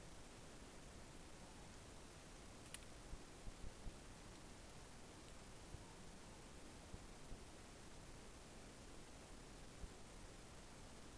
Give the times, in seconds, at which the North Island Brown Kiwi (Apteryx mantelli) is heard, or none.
none